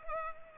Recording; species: mosquito wingbeat signal from an infrared sensor; Culex pipiens